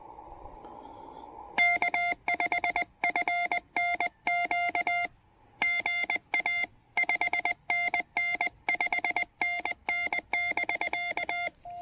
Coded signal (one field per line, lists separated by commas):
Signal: Morse code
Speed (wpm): 20 wpm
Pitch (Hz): 2100 Hz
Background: none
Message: K5FNQ GA 5NN 5NN <BK>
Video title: Picnic Blanket POTA: The TR-45L and two 28' wires...simple QRP fun in beautiful weather!